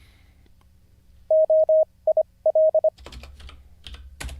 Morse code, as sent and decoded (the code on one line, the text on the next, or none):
--- .. .-..
OIL